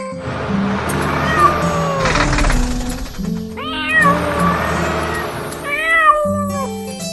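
A kitten meows several times, high-pitched calls that bend up and down in pitch, with a steady low tonal hum running underneath throughout.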